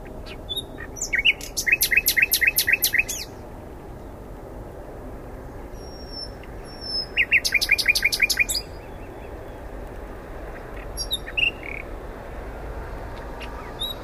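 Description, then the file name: Common nightingale singing: two bursts of rapid repeated notes several seconds apart, with faint thin whistles between and quiet hiss. "Luscinia megarhynchos"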